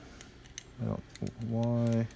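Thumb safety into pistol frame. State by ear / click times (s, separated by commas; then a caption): not seated / none. A thumb safety is being handled and tapped into a steel 1911 pistol frame, with small sharp taps around 0.2 s, 0.5 s and 0.6 s. Someone talks in the second half. Nothing has seated or clicked yet; the safety is not yet all the way in.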